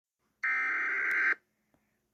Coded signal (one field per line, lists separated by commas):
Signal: Emergency Alert System (SAME) tones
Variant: header bursts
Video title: EAS#12 Special Marine Warning